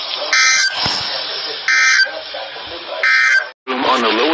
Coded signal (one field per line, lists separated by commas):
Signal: Emergency Alert System (SAME) tones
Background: speech